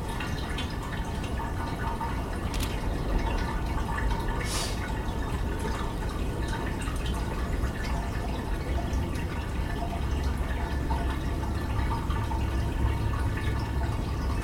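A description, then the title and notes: From a collage of Oregon sounds: a steady, dense wash of trickling, dripping water over a low rumble, with brief bright ticks around seconds 2 and 4. Collage of sounds from Oregon.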